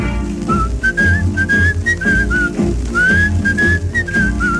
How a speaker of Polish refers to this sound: Z boku na bok kołyszę się, konik trawkę rwie, pogwizduję do taktu swe piosenki.